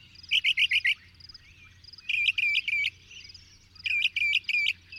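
Bird song: three quick bursts of four bright, clipped chirps about two seconds apart, with softer twittering behind.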